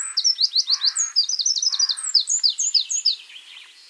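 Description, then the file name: Eurasian wren singing a rapid, high, rattling series of sharp notes throughout, mixed with a few short lower buzzy bursts early on. "Troglodytes troglodytes"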